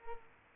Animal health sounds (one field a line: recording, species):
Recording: mosquito wingbeat signal from an infrared sensor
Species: Culex quinquefasciatus